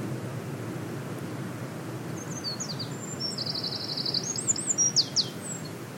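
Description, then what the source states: Eurasian wren song rising out of steady background noise: thin high notes, then a rapid ringing trill and a few emphatic closing notes. Wild bird singing on a beach at Rhu, just outside Helensburgh, Scotland, heard while walking.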